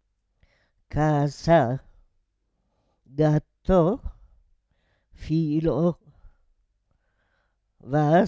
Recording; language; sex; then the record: read list of words; Italian; female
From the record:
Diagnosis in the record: Parkinson's disease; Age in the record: 78 years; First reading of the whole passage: 164 s, 3.2 characters per second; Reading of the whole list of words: 108 s, 2.6 characters per second